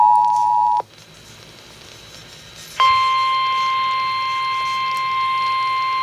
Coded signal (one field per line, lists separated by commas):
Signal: Emergency Alert System (SAME) tones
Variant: 853 and 960 Hz attention tone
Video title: severe thunderstorm warning on AM FM (eas 49) pt2